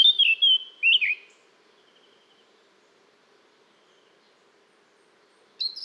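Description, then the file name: Eurasian blackcap giving a brief fluty, slurred whistled phrase, followed by several seconds of quiet and a short high note at the end. "Sylvia atricapilla"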